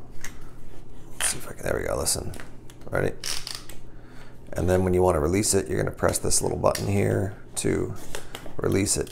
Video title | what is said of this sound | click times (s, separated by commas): SURVIVAL and EXPLORATION: Hunt Vault ELITE March Unboxing - Knives, Flashlight, and More | slide this into and you're gonna hear it click as this goes through very | 0.2 s